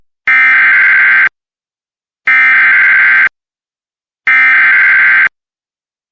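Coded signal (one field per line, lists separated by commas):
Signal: Emergency Alert System (SAME) tones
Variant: header bursts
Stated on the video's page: Real severe thunderstorm warning alert from the National Weather Service Raleigh for northeastern Wake and central Franklin counties, North Carolina; radar-indicated.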